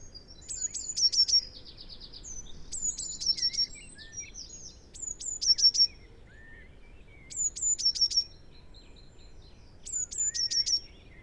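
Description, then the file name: Eurasian blue tit repeats its high, descending notes and short trill five times, while another bird adds buzzy, rattling trills in the background. "Cyanistes caeruleus"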